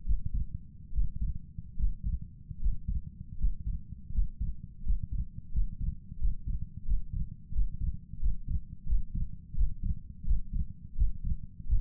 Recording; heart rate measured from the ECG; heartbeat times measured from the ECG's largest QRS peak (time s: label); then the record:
heart sounds by stethoscope; 83 bpm
0.05 s: heartbeat
0.92 s: heartbeat
1.77 s: heartbeat
2.59 s: heartbeat
3.37 s: heartbeat
4.12 s: heartbeat
4.83 s: heartbeat
5.52 s: heartbeat
6.18 s: heartbeat
6.85 s: heartbeat
7.52 s: heartbeat
8.19 s: heartbeat
8.86 s: heartbeat
9.54 s: heartbeat
10.24 s: heartbeat
10.95 s: heartbeat
11.66 s: heartbeat
From the record:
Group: healthy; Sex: male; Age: 35 years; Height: 178 cm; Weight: 64 kg